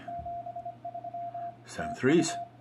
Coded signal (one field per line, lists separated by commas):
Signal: Morse code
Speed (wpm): 21 wpm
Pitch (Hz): 700 Hz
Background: speech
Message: 73 TU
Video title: how I work cw Morse code